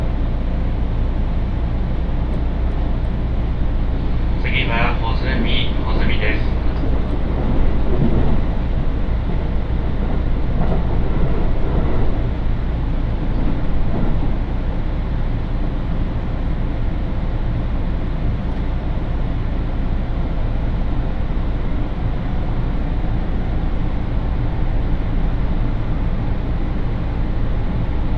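A steady low rumble runs the whole way through a train ride on the Tokaido Line, with a brief brighter squeal or chime around five seconds.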